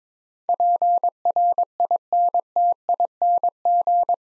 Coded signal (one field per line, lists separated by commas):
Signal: Morse code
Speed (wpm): 22 wpm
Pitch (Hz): 700 Hz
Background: none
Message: PRINTING